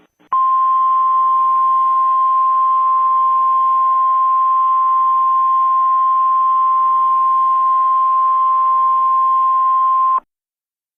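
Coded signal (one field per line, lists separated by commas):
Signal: Emergency Alert System (SAME) tones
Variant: 1050 Hz attention tone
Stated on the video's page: Fictional EAS scenario of an attack, made by the uploader; not a real alert.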